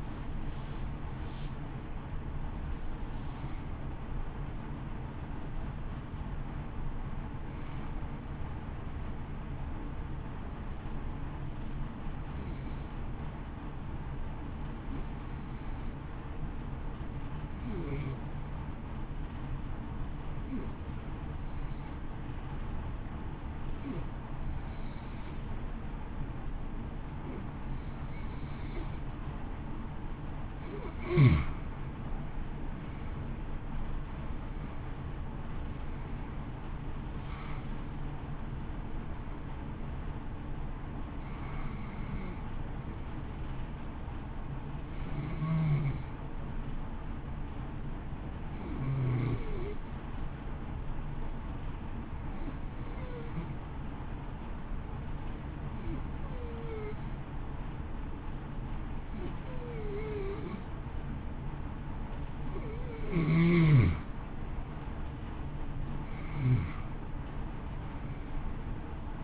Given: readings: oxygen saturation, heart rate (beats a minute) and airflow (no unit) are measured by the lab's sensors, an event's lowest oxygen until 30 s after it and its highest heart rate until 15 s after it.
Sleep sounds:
breathing in sleep by a smartphone at the bedside; 2
10.00-32.20 s: hypopnea (N1, oxygen 94% highest, then 85% lowest, heart rate 57 at the start, 65 highest)
46.00-64.70 s: hypopnea (N1, oxygen 94% highest, then 88% lowest, heart rate 55 at the start, 60 highest)
From the record:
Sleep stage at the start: N1 (lightest sleep); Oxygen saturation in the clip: 85 to 94%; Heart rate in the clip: 53 to 65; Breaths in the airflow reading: 24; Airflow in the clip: -1.2 to 1.5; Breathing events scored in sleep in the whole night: 328 in 6.3 hours asleep

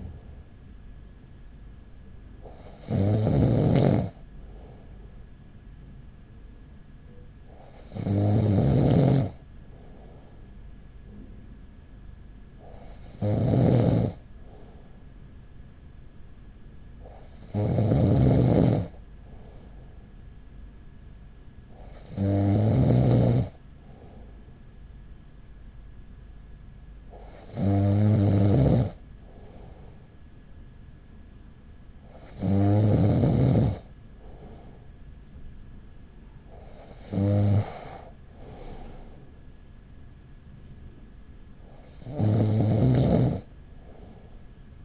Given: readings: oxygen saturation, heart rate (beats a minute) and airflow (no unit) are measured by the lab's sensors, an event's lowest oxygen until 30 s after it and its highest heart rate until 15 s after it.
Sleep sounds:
breathing in sleep by a smartphone at the bedside; none
none scored
From the record:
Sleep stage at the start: N2 (light sleep); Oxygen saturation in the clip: 95 to 96%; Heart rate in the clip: 40 to 45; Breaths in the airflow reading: 9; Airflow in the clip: -6.3 to 6.1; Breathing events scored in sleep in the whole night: 207 in 7.6 hours asleep

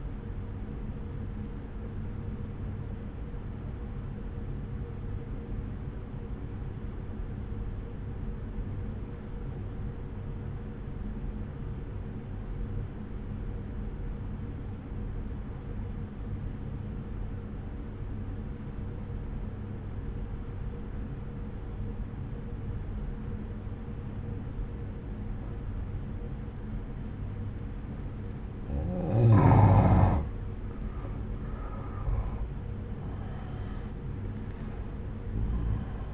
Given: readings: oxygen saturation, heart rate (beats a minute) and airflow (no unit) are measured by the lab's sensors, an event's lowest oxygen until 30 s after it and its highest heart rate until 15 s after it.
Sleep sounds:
breathing in sleep by a smartphone at the bedside; 1
4.00-30.50 s: obstructive apnea (N1, oxygen 95% highest, then 86% lowest, heart rate 62 at the start, 62 highest)
From the record:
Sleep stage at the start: N1 (lightest sleep); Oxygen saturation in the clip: 86 to 95%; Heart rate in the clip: 58 to 66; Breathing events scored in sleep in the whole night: 303 in 8.1 hours asleep

